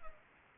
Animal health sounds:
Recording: mosquito wingbeat signal from an infrared sensor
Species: Culex pipiens

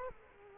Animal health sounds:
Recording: mosquito wingbeat signal from an infrared sensor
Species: Culex quinquefasciatus

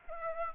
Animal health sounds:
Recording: mosquito wingbeat signal from an infrared sensor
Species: Aedes aegypti

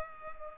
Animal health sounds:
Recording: mosquito wingbeat signal from an infrared sensor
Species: Culex pipiens

